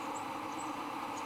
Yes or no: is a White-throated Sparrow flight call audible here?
no